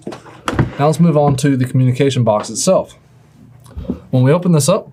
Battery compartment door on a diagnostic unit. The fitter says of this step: and then to install slide it in and then shut the door until it clicks